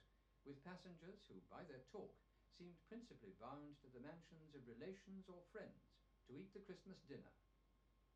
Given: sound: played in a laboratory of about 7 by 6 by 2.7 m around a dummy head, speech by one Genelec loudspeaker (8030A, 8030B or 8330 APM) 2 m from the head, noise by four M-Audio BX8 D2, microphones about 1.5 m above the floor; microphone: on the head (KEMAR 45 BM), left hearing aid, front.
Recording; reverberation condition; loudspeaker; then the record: male speech in English; low; 90 degrees to the right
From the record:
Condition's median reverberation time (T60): about 310 ms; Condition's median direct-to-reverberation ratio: about 3.5 dB